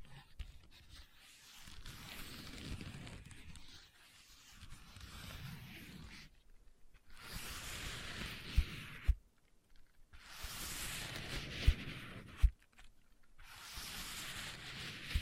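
Scratching and tapping on leather come in separate stretches: a soft, low rubbing for the first six seconds, then brighter, hissy scratching passages broken by short silences. A few sharp taps stand out near 8.5, 11.7 and 12.5 seconds.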